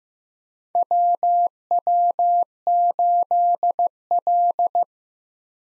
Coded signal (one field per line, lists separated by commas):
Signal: Morse code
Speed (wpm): 15 wpm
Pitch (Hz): 700 Hz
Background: none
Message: WW8L